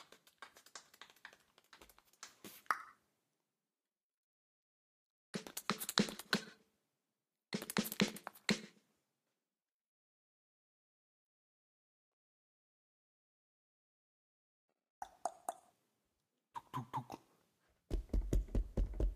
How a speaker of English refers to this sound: Knocking. FBI, open up!